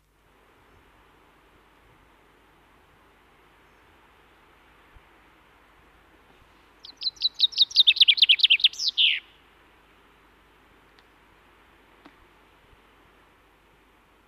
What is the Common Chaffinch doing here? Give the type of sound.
song